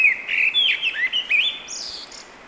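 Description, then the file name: Eurasian blackbird singing a mellow whistled phrase of several slurred notes, finishing with a brief squeaky high flourish. "Turdus merula"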